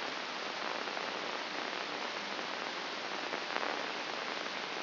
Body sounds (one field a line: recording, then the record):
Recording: brain microelectrode recording played as sound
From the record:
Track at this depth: inside the subthalamic nucleus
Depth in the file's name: 4.23 mm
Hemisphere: left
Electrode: 2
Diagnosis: Parkinson's disease